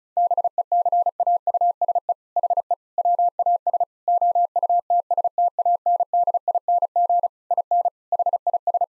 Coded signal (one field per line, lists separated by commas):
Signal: Morse code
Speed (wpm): 34 wpm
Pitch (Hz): 700 Hz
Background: none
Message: BECAUSE HE WAS OUTSTANDING IN HIS